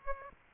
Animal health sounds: mosquito wingbeat signal from an infrared sensor; Aedes aegypti

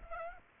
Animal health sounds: mosquito wingbeat signal from an infrared sensor; Aedes aegypti

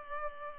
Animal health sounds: mosquito wingbeat signal from an infrared sensor; Culex pipiens

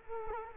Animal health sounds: mosquito wingbeat signal from an infrared sensor; Culex quinquefasciatus

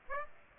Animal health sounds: mosquito wingbeat signal from an infrared sensor; Aedes aegypti

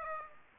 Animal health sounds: mosquito wingbeat signal from an infrared sensor; Aedes aegypti

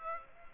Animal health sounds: mosquito wingbeat signal from an infrared sensor; Aedes aegypti

